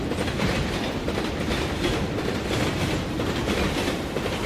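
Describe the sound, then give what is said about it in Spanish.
A San Martín railway train rumbles steadily along the rails, a dense, continuous roar of wheels with a faint clickety-clack rhythm running underneath, loud and unbroken throughout with no voices. “Unas horas después, el 19 de mayo del 72, murió bajo las ruedas del ferrocarril San Martín.”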